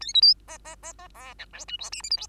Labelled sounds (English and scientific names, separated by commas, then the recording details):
Bengalese Finch (Lonchura striata domestica) song
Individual Bird2